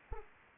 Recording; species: mosquito wingbeat signal from an infrared sensor; Anopheles arabiensis